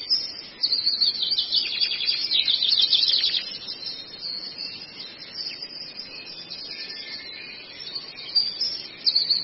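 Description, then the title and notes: Long-tailed shrike song: a rapid, scratchy run of high chattering notes early on, then quieter twittering phrases and a final burst, over steady background hiss. Long-tailed shrike song used as a masteran, a tutor song for training birds. "Masteran Burung Cendet"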